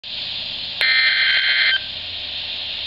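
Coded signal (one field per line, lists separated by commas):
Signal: Emergency Alert System (SAME) tones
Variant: header bursts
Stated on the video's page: Real tornado warning received on NOAA Weather Radio station in Baltimore, MD, on 162.400 MHz.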